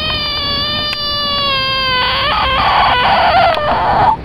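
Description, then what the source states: Bullfrog distress scream, an even, drawn-out tonal wail that turns rough and buzzy midway, ending sharply after about four seconds. Played example of a bullfrog feeling threatened.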